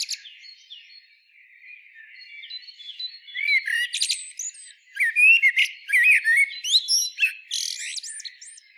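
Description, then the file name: Common blackbird song: quiet thin high notes for three seconds, then loud low warbled phrases mixed with high squeaky twittering, repeated several times to the end. "Turdus merula"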